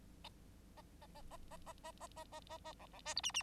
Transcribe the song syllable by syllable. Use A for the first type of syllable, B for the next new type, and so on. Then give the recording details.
A A A A A A A A A A A A B B C D E E. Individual Bird9